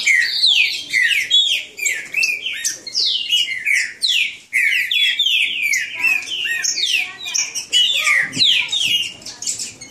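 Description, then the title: Green-winged saltator song: dense, overlapping whistled phrases of rapid slurs, apparently more than one bird singing at once. Bird named Nicão in the bush, singing in a contest against a free-living wild bird. "Trinca Ferro NICÃO No Mato Disputando Com Solto"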